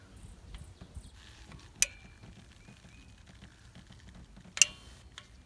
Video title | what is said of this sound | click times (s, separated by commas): DIY Sprinter Van Repairs/Maintenance - Fix leaking Injector Seals - Diesel | right there's our click and | 4.6 s